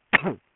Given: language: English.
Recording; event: throat vibration sensor signal played as sound; cough